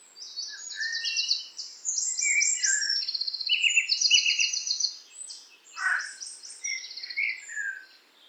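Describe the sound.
Bird song with dense, high buzzy trills and rapid chattering notes, several overlapping phrases delivered almost continuously, plus a few lower sweeping whistles.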